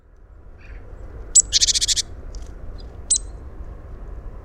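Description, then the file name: Great tit scolding call: a sharp high note leads into a rapid rattling churr of about seven buzzy pulses, then a single sharp chip, with faint low hum beneath. "Parus major"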